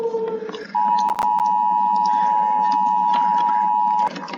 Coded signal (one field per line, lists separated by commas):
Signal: Emergency Alert System (SAME) tones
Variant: 853 and 960 Hz attention tone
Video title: RATING ALL EAS ALARMS (PART 5) (FINALE!)